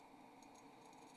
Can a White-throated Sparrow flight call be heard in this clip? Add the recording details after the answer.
no. No flight call is heard. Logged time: 02:24 on 28 November 2014